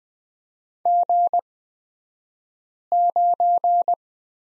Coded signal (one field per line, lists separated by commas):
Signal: Morse code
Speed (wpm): 20 wpm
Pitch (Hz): 700 Hz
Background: none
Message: G9